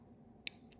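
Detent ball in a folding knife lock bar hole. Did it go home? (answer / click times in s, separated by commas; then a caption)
yes / 0.5 s. A folding knife has its blade alignment adjusted so the detent ball in the lock bar drops into its hole. A sharp, bright click is heard at 0.5 s as the ball seats, followed by a fainter tick at 0.7 s over a low background hum.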